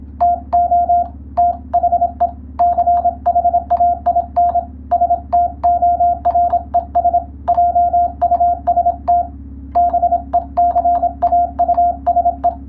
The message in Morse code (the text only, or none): TO THE CHAIN STORES JUST BECAUSE